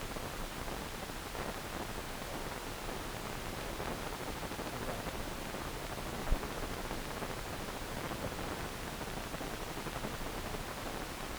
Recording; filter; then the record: brain microelectrode recording played as sound; wide band, above 20 Hz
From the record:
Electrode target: subthalamic nucleus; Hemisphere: left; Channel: 2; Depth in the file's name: 1.267 mm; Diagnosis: Parkinson's disease